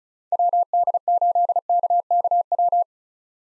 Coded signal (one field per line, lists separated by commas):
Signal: Morse code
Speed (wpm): 43 wpm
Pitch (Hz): 700 Hz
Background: none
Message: WD8KKW